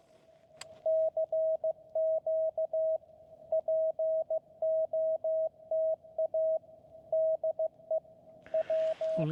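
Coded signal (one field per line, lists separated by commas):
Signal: Morse code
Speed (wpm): 15 wpm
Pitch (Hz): 640 Hz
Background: speech, radio noise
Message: CQ POTA DE W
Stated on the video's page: Park activation reaching exactly ten contacts, with long quiet stretches.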